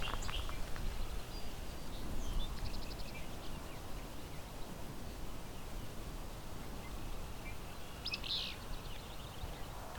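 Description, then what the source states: Willow flycatcher: one sharp song phrase near the end, with a few fainter chirps earlier, over steady low background noise. Whip-you style song; recorded at a meadow sanctuary just east of Hamilton, Ontario, on May 31, 2020.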